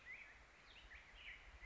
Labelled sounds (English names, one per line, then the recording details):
Black-headed Grosbeak
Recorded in Sonoma County, California